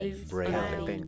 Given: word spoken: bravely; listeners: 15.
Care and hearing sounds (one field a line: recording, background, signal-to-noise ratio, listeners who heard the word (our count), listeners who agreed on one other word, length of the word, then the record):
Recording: one English word in noise, from a listening test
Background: four-talker babble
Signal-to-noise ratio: -0.2 dB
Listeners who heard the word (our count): 1 of 15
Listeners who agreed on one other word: 9 of 15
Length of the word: 0.68 s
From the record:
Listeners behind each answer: 9, 3, 1, 1, 1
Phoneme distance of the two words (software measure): 14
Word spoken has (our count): 2 syllables, 6 phonemes, stress on syllable 1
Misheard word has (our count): 1 syllable, 4 phonemes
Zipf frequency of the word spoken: 3.33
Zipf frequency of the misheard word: 4.64